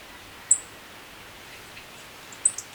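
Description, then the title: Black-crested Warbler calls: several sharp, very high chip notes, one early and the rest clustered near the end, over a soft background hiss. "Myiothlypis Nigrocristata"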